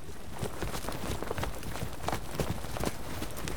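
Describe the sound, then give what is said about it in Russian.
Horses pulling a kibitka (covered sleigh) trot at a brisk pace along a packed sleigh track on the ice of the Istya river in bright sunshine, their hooves clip-clopping in a quick, steady rhythm of soft, dull thuds that continue evenly throughout, with no voices. “Прохор повернул кибитку с берега на лед Истьи, и лошади по накатанному санному пути побежали резвее.”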